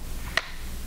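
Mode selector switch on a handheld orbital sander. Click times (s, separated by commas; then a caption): 0.4 s. A mode selector switch on a handheld dual-mode (rotary/random orbital) sander is turned to switch it into coarse, gear-driven mode. It gives a single sharp click at 0.4 s over a quiet background. The selector seats and the sander is locked into that mode.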